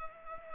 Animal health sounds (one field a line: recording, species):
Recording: mosquito wingbeat signal from an infrared sensor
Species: Culex pipiens